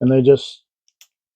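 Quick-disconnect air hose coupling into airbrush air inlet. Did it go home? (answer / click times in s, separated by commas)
yes / 1.0 s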